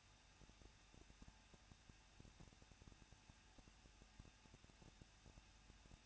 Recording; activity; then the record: daily activity, microphone in the room; no activity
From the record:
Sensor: 2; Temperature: 21.0 degrees Celsius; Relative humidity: 37.4%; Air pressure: 1006.2 hPa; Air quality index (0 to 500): 221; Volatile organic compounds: 24 ppm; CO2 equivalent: 2801 ppm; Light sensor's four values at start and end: 2/3/2/2 and 2/3/2/2